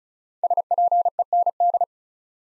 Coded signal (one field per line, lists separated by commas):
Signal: Morse code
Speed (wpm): 36 wpm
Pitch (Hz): 700 Hz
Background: none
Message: SPEND